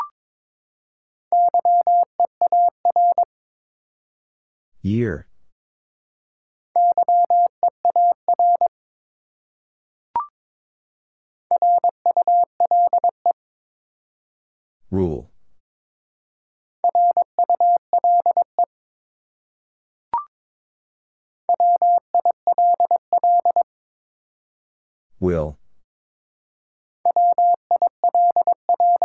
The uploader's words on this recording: Four Letter Words - 22wpm. First, the word is sent in Morse code. Then it is spoken. Finally, it is sent again in More code.